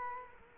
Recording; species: mosquito wingbeat signal from an infrared sensor; Culex quinquefasciatus